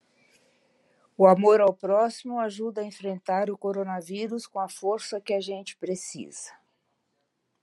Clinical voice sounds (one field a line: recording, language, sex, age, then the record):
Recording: spoken sentence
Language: Brazilian Portuguese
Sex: female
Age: 70 to 79 years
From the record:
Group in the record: control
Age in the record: 78 years